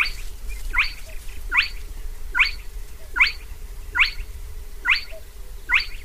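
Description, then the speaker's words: Spotted Crake repeating a whipping, upslurred note eight times, about every 0.8 seconds, over a soft low hum. Unpaired male calling for a mate around midnight on a bright moonlit June night among reeds and water, with the presenter standing right over it holding a microphone and wearing headphones. "To się już nie miało zdarzyć, ale oto stoję nad panem kropiatką wołającym o miłość."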